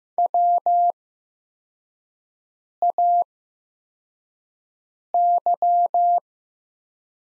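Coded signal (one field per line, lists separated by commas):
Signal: Morse code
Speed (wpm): 15 wpm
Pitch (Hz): 700 Hz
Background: none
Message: WAY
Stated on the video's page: Morse practice set of the top 100 words at 15 wpm with Farnsworth-style 8x character spacing, easing learners toward standard timing.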